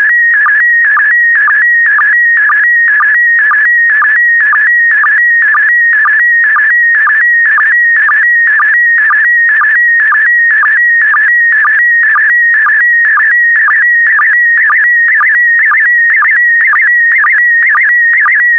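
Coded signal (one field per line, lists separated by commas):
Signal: SSTV (slow-scan television)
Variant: PD120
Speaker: complete. You can now check your decoded image against the picture that is shown on the video.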